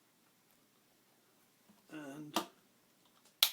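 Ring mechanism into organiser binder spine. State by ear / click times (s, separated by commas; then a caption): seated / 3.4 s. A replacement metal ring mechanism is pressed down over its mounting posts in the spine of an organiser binder and clicks into place at 3.4 s, seated. Someone talks briefly around 1.9–2.3 s, with a sharper sound near 2.4 s, before the loud, sharp click at the end.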